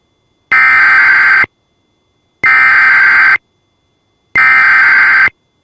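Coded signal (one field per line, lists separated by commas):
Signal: Emergency Alert System (SAME) tones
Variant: header bursts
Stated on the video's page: Required weekly test SAME alerts.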